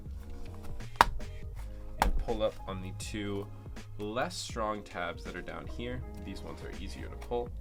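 Two weaker clip tabs at the bottom of an aluminium bottom case on a MacBook Pro A2442 laptop chassis are pulled up by hand. Each lets go with a sharp snap, at 1.0 s and 2.0 s, and the case comes free. Someone talks over background music.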